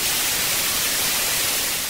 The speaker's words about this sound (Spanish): De la tele salía un sonido como de mala conexión.